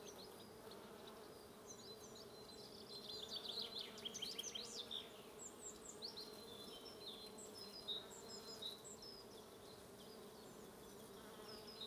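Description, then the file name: Bees hum in an even low drone as a lively burst of high, rapid bird chirping rises midway, then thins to occasional notes. "buzzing bees"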